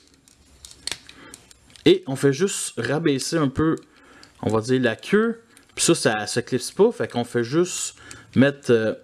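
Two grey plastic parts of a Transformers Titan Return Twinferno (Doublecross) action figure are unclipped during its transformation, releasing with a sharp snap at 0.9 s among a short cluster of small clicks. Someone then talks for the rest of the clip.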